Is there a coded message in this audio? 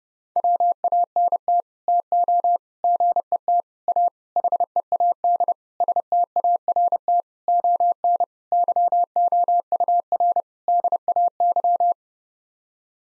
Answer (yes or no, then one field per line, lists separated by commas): yes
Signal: Morse code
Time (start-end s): 0.4-11.9 s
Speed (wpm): 30 wpm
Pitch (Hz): 700 Hz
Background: none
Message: WANT TO GET A HEAD START ON YOUR DAY